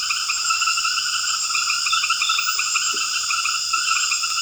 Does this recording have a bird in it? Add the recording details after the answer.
no. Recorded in secondary vegetation near Puerto Asís, Putumayo, Colombia, on 8 March 2025 at 20:00. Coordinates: 0.488, -76.319. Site G095